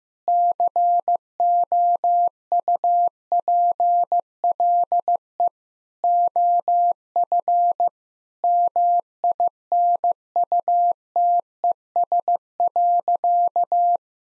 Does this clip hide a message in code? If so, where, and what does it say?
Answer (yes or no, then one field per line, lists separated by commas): yes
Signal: Morse code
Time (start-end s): 0.3-14.0 s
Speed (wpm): 15 wpm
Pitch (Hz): 700 Hz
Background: none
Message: COUPLE OF MINUTES.